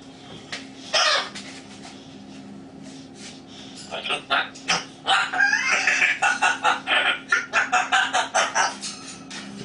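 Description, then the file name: Grey parrot chattering, a few scattered sounds and then a fast run of short clicking, squawky syllables. Grey parrot named Grig, talking. "a vot eto razgovarivaet odna pernataya skotina po imeni grig"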